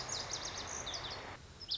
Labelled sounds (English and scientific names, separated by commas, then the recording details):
Lazuli Bunting (Passerina amoena)
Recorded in Sonoma County, California